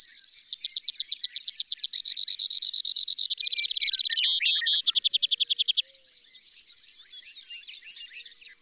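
Bird singing a string of fast high trills that shift speed and pitch several times, then a few sparse thin high notes.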